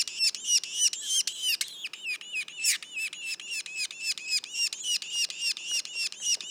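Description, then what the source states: Yellow-bellied sapsucker calls: fast repeated high scratchy notes, about three to four per second. Juveniles, recorded in Mont-Orford National Park, Quebec.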